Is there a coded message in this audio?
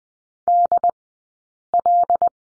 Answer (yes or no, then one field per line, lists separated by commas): yes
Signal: Morse code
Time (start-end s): 0.5-2.3 s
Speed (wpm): 20 wpm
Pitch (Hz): 700 Hz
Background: none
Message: DL